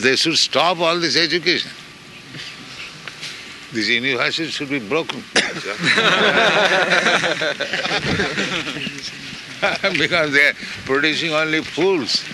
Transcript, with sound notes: They should stop all this education. This university should be broken. [laughter] Because they are producing only fools.